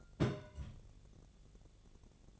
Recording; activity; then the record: daily activity, microphone in the room; place on stove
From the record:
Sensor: 4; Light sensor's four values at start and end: 37/91/38/42 and 37/91/38/42